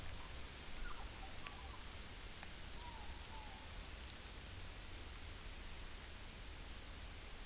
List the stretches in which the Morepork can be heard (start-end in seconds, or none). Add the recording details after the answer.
2.71-3.66. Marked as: faintness 4/5. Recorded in New Zealand on 11 September 2013. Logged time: 02:19. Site Ponui